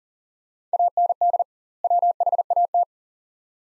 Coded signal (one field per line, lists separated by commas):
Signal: Morse code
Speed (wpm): 40 wpm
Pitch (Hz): 700 Hz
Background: none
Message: AND WHAT